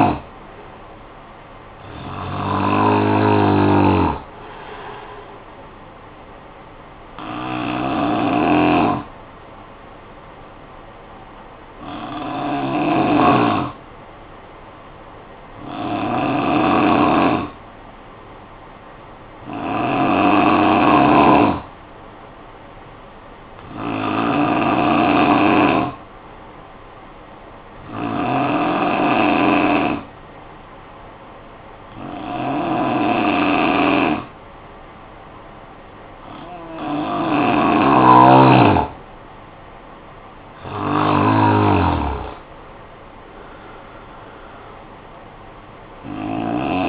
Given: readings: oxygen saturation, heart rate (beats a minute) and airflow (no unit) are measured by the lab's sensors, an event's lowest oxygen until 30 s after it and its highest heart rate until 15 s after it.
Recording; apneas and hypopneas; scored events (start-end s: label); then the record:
breathing in sleep by a voice recorder at the bedside; 1
13.00-39.40 s: hypopnea (N3, oxygen 93% highest, then 89% lowest, heart rate 50 at the start, 67 highest)
From the record:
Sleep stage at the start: N3 (deep sleep); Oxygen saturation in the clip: 89 to 93%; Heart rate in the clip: 50 to 67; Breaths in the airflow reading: 11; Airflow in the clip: -12.7 to 8.4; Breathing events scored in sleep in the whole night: 445 in 7.6 hours asleep